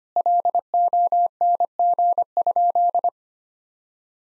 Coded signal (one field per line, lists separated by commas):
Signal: Morse code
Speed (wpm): 25 wpm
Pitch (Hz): 700 Hz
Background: none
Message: LONG?